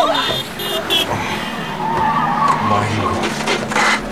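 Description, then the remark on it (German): A car driven by a thin, small man skids by with a loud, rising tire squeal and engine roar, the screech wavering over several seconds before fading, with brief voices in the mix. “Ihr habt den dünnen kleinen Mann gesehen. Am Steuer. Was? Ja, von dem Auto da.”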